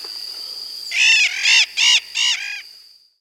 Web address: Natures Songs S America Birds of the Amazon Blue-headed Macaw (Ara couloni), Peru